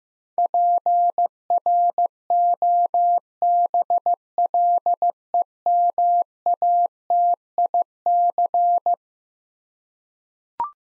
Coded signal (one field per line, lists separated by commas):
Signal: Morse code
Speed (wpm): 16 wpm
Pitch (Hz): 700 Hz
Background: none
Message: PROBLEMATIC